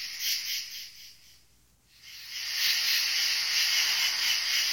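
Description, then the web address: Insect buzz, a high hissing drone with faint rapid pulsing that drops away briefly in the middle and then returns at full strength. "animali insetti insetti insect"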